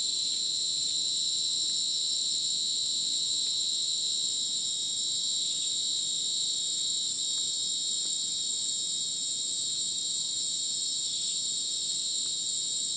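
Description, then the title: Cricket chorus, many insects trilling at once in steady piercing layers, with scattered faint clicks. Dense rainforest at Ucumari, Madidi National Park, Bolivia, after sunset; very dense insect chorus like a polyrhythmic electronic concert; AT BP4029 microphone, MixPre 6 recorder. "Madidi National Park, Ucumari, Bolivia - Supersonic Crickets in the rainforest"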